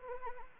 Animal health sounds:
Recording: mosquito wingbeat signal from an infrared sensor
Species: Anopheles arabiensis

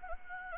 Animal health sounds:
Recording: mosquito wingbeat signal from an infrared sensor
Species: Anopheles gambiae

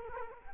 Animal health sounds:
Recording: mosquito wingbeat signal from an infrared sensor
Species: Culex quinquefasciatus

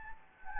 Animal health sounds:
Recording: mosquito wingbeat signal from an infrared sensor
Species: Anopheles gambiae

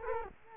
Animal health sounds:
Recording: mosquito wingbeat signal from an infrared sensor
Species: Culex quinquefasciatus

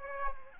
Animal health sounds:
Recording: mosquito wingbeat signal from an infrared sensor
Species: Aedes aegypti

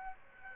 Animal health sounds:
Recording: mosquito wingbeat signal from an infrared sensor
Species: Aedes aegypti

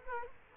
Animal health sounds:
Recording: mosquito wingbeat signal from an infrared sensor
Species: Culex quinquefasciatus

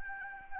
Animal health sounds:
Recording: mosquito wingbeat signal from an infrared sensor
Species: Anopheles arabiensis

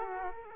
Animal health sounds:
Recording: mosquito wingbeat signal from an infrared sensor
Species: Aedes aegypti

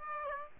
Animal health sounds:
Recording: mosquito wingbeat signal from an infrared sensor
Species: Aedes aegypti

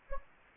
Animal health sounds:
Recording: mosquito wingbeat signal from an infrared sensor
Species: Anopheles gambiae

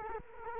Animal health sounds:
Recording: mosquito wingbeat signal from an infrared sensor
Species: Culex quinquefasciatus

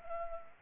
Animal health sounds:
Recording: mosquito wingbeat signal from an infrared sensor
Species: Culex pipiens

